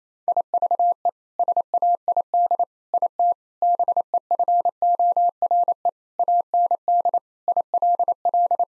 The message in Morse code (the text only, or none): IVE SAID IT BEFORE AND ILL